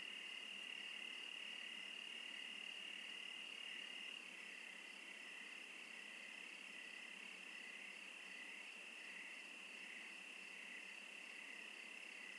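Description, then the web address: Crickets in a continuous high trilling chorus with a slightly pulsing rhythm and a slight drop in loudness partway through. Crickets in the Oregon wilderness. "Discover Oregon - Wilderness Crickets Crickets 17-Crickets Interlude"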